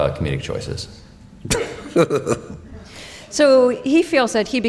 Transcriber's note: soundbite of laughing